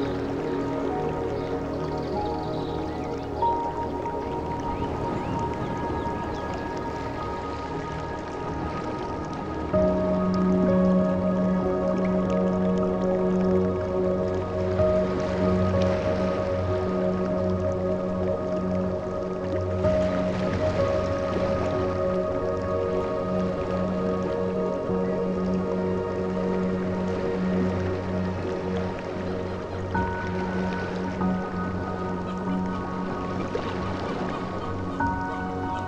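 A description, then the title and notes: Music with ocean sounds: a soft, sustained synth pad holds long, steady tones, growing fuller and louder around ten seconds in. Behind it runs a gentle watery wash, with faint dripping and swells rising every few seconds. Music With Ocean and Jungle Sounds.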